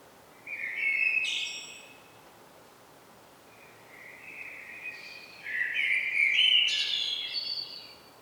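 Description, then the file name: Common blackbird delivering a short fluted phrase with a squeaky ending, a quiet gap, then a longer mellow warble that climbs into scratchy high twitters. "Turdus merula"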